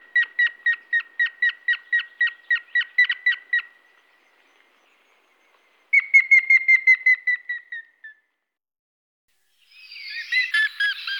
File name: grey faced woodpecker